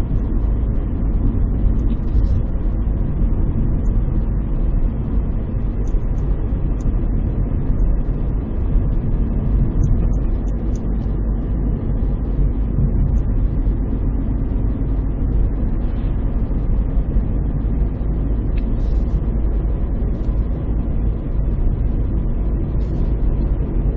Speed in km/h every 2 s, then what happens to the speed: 58, 56, 54, 54, 54, 55, 56, 57, 58, 60, 60, 60.
0-24 steady at about 56.